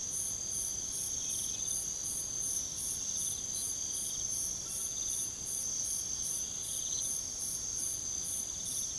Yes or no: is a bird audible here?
no